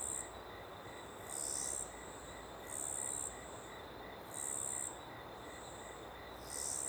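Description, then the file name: Cricket giving loud, high buzzy bursts at regular intervals, alternating with weaker ones, over a steady hiss. Ambience in a small open woodland with a river in the background; cricket very prominent on the left channel. "Ambiente em Pequena Mata Aberta e Rio ao Fundo com Grilo bem Presente na Esquerda"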